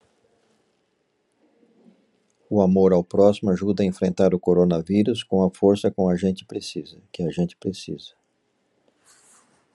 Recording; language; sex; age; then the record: spoken sentence; Brazilian Portuguese; male; 60 to 69 years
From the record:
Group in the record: control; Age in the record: 67 years